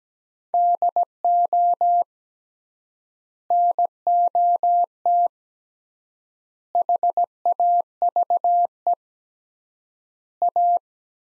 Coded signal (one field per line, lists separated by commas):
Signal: Morse code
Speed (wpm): 17 wpm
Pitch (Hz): 700 Hz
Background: none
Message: DO NOT HAVE A